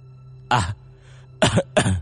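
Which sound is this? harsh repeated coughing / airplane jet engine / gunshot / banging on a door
harsh repeated coughing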